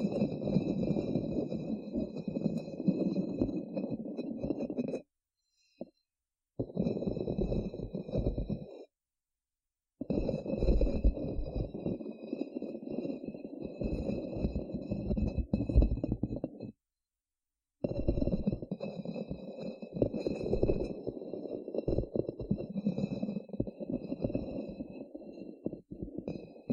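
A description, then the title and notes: Muffled scratching and rubbing fills the clip in a dense, low rumbling texture with constant small fluctuations. It stops dead for brief silences around 5, 9 and 17 seconds. A faint, steady high whine sits in the background throughout. ASMR Deep Brain Scratching（No Talking）.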